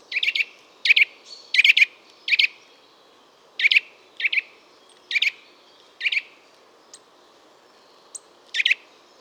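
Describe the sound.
Eurasian nuthatch calls: short, sharp, high notes repeated at uneven intervals, about a dozen in nine seconds, some doubled, over a steady low background hiss.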